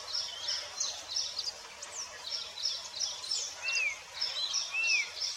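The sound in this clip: Birds chirp in a steady high-pitched chorus, with a rising-then-falling whistle twice toward the end over faint background noise.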